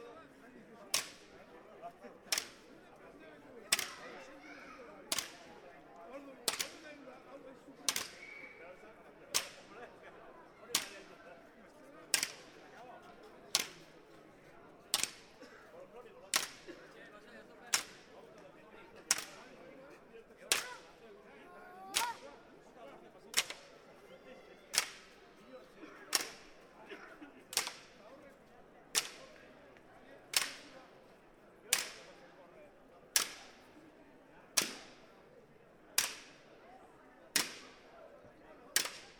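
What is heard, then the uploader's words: A field recording of sharp, cracking wooden strikes repeating at a steady pace, about one every second and a half, each a crisp snap that dies away quickly. Between the hits there is a soft murmur of voices and low background noise. Egurra (bois, wood). A compilation of different field-recording made all along the Basque Country.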